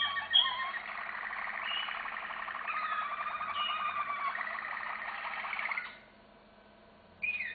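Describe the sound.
Canary delivering a steady, fast rattling trill with higher whistles laid over it, then silence before a brief final note.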